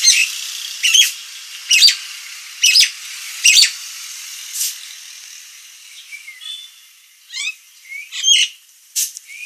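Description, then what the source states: Nias hill myna delivering a run of raspy high bursts about once a second, then rising whistled slurs and sharp squeaks. Described as gacor, a lively and persistent singing style, with a noisy, loud voice.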